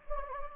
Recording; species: mosquito wingbeat signal from an infrared sensor; Anopheles gambiae